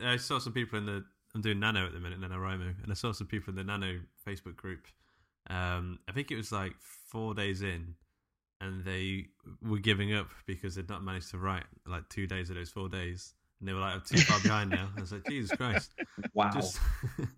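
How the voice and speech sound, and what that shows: A man speaks in a low, relaxed voice at a conversational pace, with short natural pauses between phrases and a light exclamation near the end. Articulation and voice quality are ordinary, consistent with normal fluent adult speech in a quiet room.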